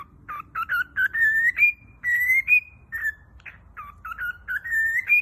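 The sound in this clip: Cockatiel whistling, quick clusters of short notes followed by longer rising whistles, in repeated phrases.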